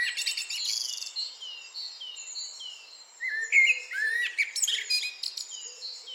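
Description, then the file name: Eurasian blackbird producing a loud fluted phrase with a squeaky tail after a quieter start, while a chorus of other birds chirps and trills continuously. "Turdus merula"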